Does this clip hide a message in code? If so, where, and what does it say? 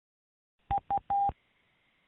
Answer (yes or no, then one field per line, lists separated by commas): no